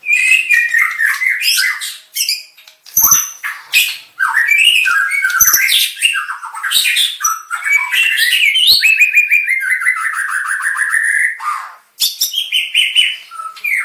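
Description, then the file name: White-rumped shama singing a long, varied medley of chattering notes, harsh squawks and a rapid trilled falling phrase, with short pauses between bursts. Aceh variety, full variation song. "Suara Burung Murai Batu Aceh Variasi Lengkap"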